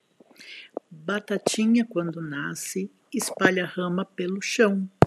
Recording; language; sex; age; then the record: short text; Brazilian Portuguese; female; 60 to 69 years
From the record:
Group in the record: control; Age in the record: 67 years